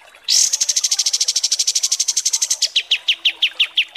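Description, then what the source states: Kapas tembak: songbird trill: a very fast run of high chips that slows near the end into separate, downslurred notes. Masteran (tutor) training recording of kapas tembak song, described as 'mewah' (luxurious).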